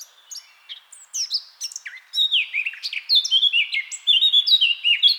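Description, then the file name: Eurasian blackcap song opening with quiet scratchy chatter, then swelling into loud, clear whistled notes in a fast, varied sequence. "Sylvia atricapilla"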